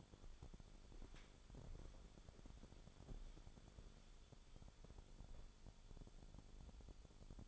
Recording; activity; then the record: daily activity, microphone in the room; walk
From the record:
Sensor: 5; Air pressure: 1015.4 hPa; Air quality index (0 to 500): 174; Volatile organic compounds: 6 ppm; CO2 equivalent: 1886 ppm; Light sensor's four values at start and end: 38/87/35/34 and 38/87/35/34